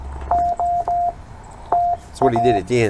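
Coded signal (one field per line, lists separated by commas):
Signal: Morse code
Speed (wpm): 17 wpm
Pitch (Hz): 700 Hz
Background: speech, radio noise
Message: OTA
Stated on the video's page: Park (POTA) activation, calling for over an hour and a half with few contacts; captioned CW copy practice.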